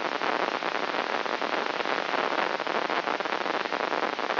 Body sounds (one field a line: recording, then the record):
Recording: brain microelectrode recording played as sound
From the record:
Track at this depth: inside the subthalamic nucleus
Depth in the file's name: 5.629 mm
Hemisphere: left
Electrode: 3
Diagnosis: Parkinson's disease